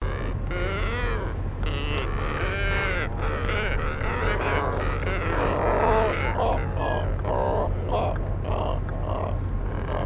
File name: Magellanskarv